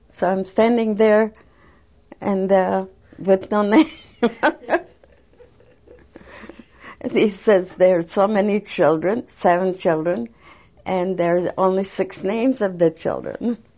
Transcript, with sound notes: So I'm standing there and, uh, with no name. (She laughs.) And he says, there are so many children, seven children, and there are only six names of the children.